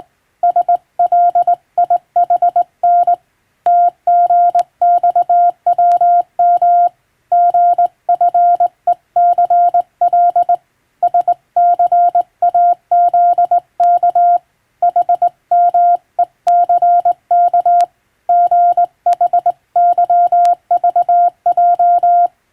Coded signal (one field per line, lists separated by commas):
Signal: Morse code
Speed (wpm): 20 wpm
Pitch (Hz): 700 Hz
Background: none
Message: SLIHN TGXWM GFECL SCAZK HMECK GHYVJ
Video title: 電鍵を駆使してモールス符号を打つ無線通信士という仕事が昭和にはありました。国家試験でモールスを打つ実技試験もありましたよ。懐かしいモールス信号を聴いてみませんか？morse code practice